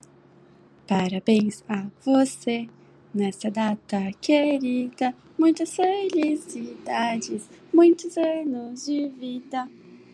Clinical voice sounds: short text; Brazilian Portuguese; female; 20 to 29 years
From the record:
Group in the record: control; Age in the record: 26 years

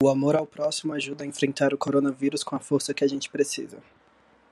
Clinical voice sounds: spoken sentence; Brazilian Portuguese; male; 20 to 29 years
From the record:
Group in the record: control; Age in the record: 20 years

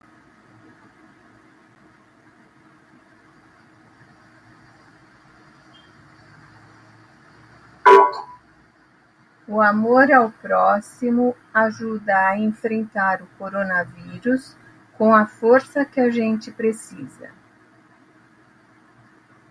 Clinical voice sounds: spoken sentence; Brazilian Portuguese; female; 60 to 69 years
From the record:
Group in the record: control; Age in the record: 65 years

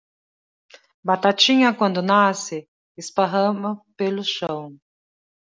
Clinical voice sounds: short text; Brazilian Portuguese; female; 50 to 59 years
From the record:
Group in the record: control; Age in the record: 52 years

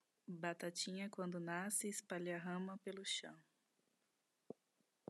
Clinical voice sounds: short text; Brazilian Portuguese; female; 30 to 39 years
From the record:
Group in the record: control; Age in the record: 35 years

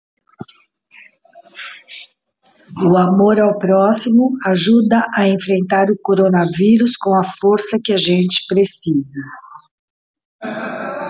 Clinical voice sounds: spoken sentence; Brazilian Portuguese; female; 50 to 59 years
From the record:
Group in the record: control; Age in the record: 59 years

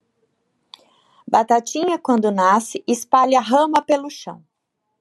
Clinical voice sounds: short text; Brazilian Portuguese; female; 50 to 59 years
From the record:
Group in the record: control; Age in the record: 59 years

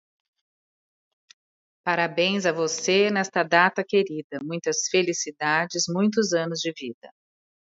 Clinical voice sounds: short text; Brazilian Portuguese; female; 50 to 59 years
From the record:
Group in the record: control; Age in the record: 57 years

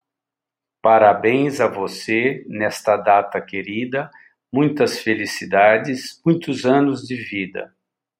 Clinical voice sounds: short text; Brazilian Portuguese; male; 60 to 69 years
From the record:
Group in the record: control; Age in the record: 60 years

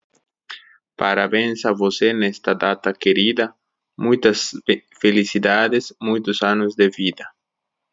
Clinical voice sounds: short text; Brazilian Portuguese; male; 20 to 29 years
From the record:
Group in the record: control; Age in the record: 29 years

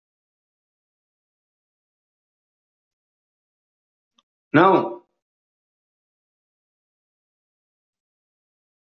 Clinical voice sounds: short text; Brazilian Portuguese; male; 50 to 59 years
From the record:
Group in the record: control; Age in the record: 56 years

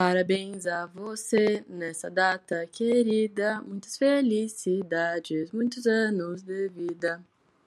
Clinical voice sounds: short text; Brazilian Portuguese; female; 18 to 19 years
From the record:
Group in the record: control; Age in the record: 18 years

